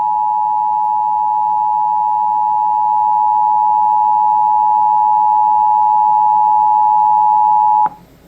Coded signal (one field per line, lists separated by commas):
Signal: Emergency Alert System (SAME) tones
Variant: 853 and 960 Hz attention tone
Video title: VALID EAS TONES!!! NHSP Monthly EAS Test @345PM